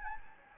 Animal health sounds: mosquito wingbeat signal from an infrared sensor; Anopheles gambiae

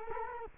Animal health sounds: mosquito wingbeat signal from an infrared sensor; Culex quinquefasciatus

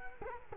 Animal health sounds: mosquito wingbeat signal from an infrared sensor; Culex quinquefasciatus

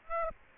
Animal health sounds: mosquito wingbeat signal from an infrared sensor; Aedes aegypti

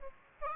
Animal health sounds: mosquito wingbeat signal from an infrared sensor; Aedes aegypti

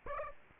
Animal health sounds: mosquito wingbeat signal from an infrared sensor; Aedes aegypti

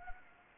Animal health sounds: mosquito wingbeat signal from an infrared sensor; Anopheles gambiae

